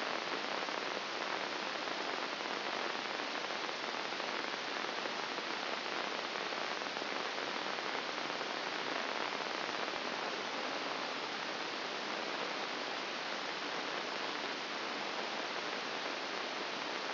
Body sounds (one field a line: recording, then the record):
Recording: brain microelectrode recording played as sound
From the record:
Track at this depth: inside the subthalamic nucleus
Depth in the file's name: 2.704 mm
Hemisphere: left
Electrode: 2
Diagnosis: Parkinson's disease